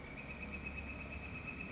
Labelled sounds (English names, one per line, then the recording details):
Northern Flicker
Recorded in Sonoma County, California